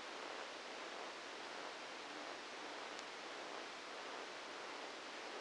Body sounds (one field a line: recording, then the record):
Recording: brain microelectrode recording played as sound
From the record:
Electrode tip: outside the subthalamic nucleus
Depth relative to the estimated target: 4 mm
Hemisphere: left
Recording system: NeuroSet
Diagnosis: Parkinson's disease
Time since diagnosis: 9 years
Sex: male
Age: 61 years